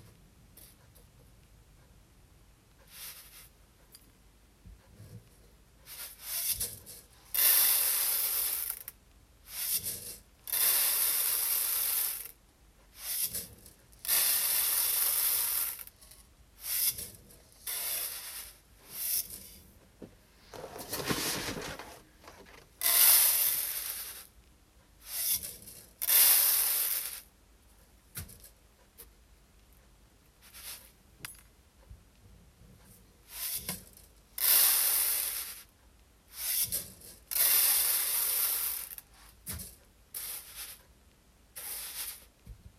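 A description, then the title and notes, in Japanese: Brown rice is sifted and checked by hand after sorting, making repeated bursts of bright, hissing rustle as grains are scooped and poured. Each swish lasts a second or two and comes at irregular intervals, with brief quiet gaps and occasional small clicks between them. 環境音 お米出荷準備(点検)。モミすり後のお米(玄米)を、選別機にかけ、モミの残りや草の実など最終を手作業でチェック。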